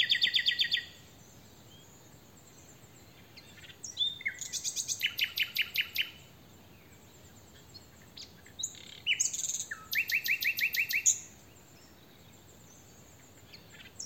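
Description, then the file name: Common nightingale song in separate bursts: fast buzzy trills and rattling repeated notes, with quiet pauses between phrases. "Luscinia megarhynchos"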